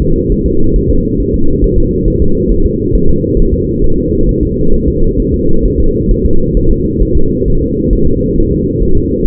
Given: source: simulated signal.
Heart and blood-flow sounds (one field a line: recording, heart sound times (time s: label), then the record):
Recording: fetal heart sounds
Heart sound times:
0.02 s: S2
0.32 s: S1
0.46 s: S2
0.76 s: S1
0.90 s: S2
1.20 s: S1
1.34 s: S2
1.64 s: S1
1.78 s: S2
2.08 s: S1
2.22 s: S2
2.52 s: S1
2.66 s: S2
2.95 s: S1
3.10 s: S2
3.40 s: S1
3.54 s: S2
3.84 s: S1
3.98 s: S2
4.29 s: S1
4.43 s: S2
4.74 s: S1
4.88 s: S2
5.20 s: S1
5.34 s: S2
5.66 s: S1
5.80 s: S2
6.11 s: S1
6.25 s: S2
6.57 s: S1
6.71 s: S2
7.03 s: S1
7.17 s: S2
7.48 s: S1
7.62 s: S2
7.93 s: S1
8.07 s: S2
8.38 s: S1
8.52 s: S2
8.83 s: S1
8.97 s: S2
9.27 s: S1
From the record:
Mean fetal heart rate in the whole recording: 135 bpm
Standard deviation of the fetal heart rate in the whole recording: 3 bpm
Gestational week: 36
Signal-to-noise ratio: -19.1 dB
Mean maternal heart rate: 72 bpm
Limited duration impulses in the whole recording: present